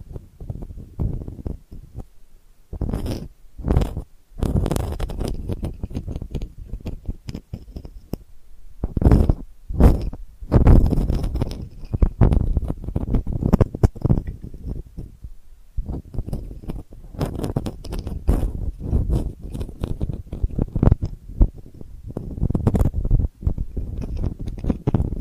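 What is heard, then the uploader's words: Delicate scratching in uneven bursts, soft and low with sharp bright strokes near 3, 4, 9, 10 and 23 seconds, pausing briefly around 15. ASMR Delicate Scratching for Sleep (No Talking).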